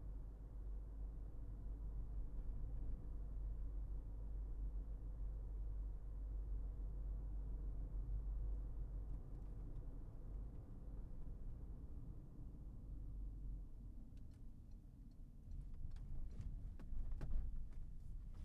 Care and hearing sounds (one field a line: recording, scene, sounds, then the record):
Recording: everyday scene through a hearing-aid microphone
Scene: in a vehicle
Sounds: engine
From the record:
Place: Berlingo II, diesel engine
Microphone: behind the ear, left, front